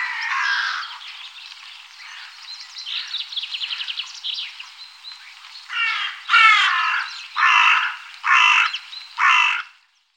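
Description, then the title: Carrion crow with a drawn-out hoarse call, then quieter rattling notes, then five loud harsh caws in steady succession, roughly one per second. Recorded in Germany, Austria or Switzerland. "Rabenkrähe Aaskrähe"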